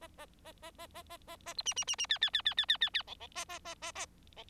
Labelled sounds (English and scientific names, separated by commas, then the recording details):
Bengalese Finch (Lonchura striata domestica) song
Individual Bird4